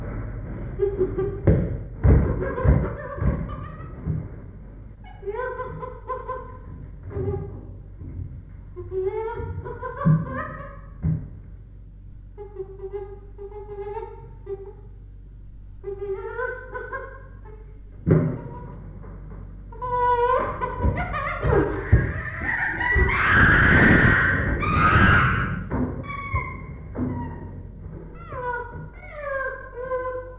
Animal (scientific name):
Pan troglodytes